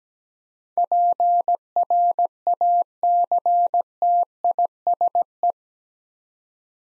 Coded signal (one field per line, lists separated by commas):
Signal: Morse code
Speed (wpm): 17 wpm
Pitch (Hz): 700 Hz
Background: none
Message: PRACTISE